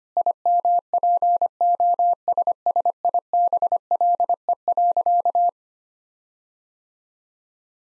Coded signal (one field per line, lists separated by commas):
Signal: Morse code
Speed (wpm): 25 wpm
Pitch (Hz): 700 Hz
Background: none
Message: IMPOSSIBLE.